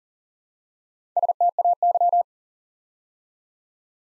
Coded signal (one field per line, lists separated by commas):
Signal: Morse code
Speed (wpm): 38 wpm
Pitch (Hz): 700 Hz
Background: none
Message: STAY